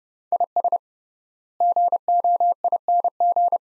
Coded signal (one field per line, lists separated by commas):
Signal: Morse code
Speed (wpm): 30 wpm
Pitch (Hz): 700 Hz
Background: none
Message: IS GOING